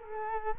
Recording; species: mosquito wingbeat signal from an infrared sensor; Culex quinquefasciatus